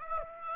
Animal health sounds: mosquito wingbeat signal from an infrared sensor; Aedes aegypti

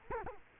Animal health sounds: mosquito wingbeat signal from an infrared sensor; Culex quinquefasciatus

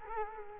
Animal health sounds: mosquito wingbeat signal from an infrared sensor; Culex quinquefasciatus

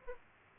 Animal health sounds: mosquito wingbeat signal from an infrared sensor; Aedes aegypti

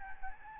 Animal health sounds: mosquito wingbeat signal from an infrared sensor; Aedes albopictus

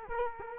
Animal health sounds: mosquito wingbeat signal from an infrared sensor; Culex quinquefasciatus

